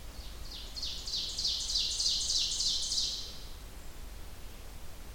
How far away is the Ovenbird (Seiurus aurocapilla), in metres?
about 40 m